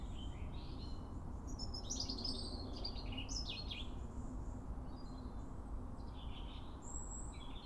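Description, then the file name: European robin song of rapid, sweet, high warbles and slurred notes, phrases following one another closely, with a persistent low hum beneath. "Erithacus rubecula"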